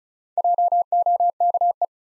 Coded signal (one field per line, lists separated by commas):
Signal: Morse code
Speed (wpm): 36 wpm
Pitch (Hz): 700 Hz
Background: none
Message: JOKE